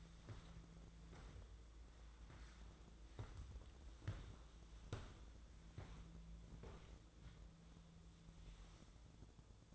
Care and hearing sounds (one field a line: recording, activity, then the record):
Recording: daily activity, microphone in the room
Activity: walk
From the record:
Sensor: 3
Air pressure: 1005.4 hPa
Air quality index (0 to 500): 95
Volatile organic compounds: 3 ppm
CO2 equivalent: 1492 ppm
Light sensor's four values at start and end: 6/14/6/6 and 10/24/10/9